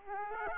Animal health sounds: mosquito wingbeat signal from an infrared sensor; Aedes aegypti

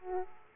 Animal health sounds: mosquito wingbeat signal from an infrared sensor; Aedes aegypti

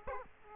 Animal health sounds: mosquito wingbeat signal from an infrared sensor; Culex quinquefasciatus

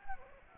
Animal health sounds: mosquito wingbeat signal from an infrared sensor; Anopheles gambiae

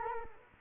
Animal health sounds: mosquito wingbeat signal from an infrared sensor; Culex quinquefasciatus

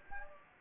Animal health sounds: mosquito wingbeat signal from an infrared sensor; Anopheles arabiensis

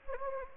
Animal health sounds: mosquito wingbeat signal from an infrared sensor; Anopheles gambiae

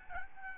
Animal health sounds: mosquito wingbeat signal from an infrared sensor; Aedes albopictus

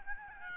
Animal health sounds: mosquito wingbeat signal from an infrared sensor; Aedes albopictus

